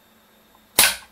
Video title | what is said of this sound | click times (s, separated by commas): 3D Print of the Day: Nozzle Torque Wrench | and just put the end of the lever on the kitchen scales and turn the wrench until it clicks | 0.8 s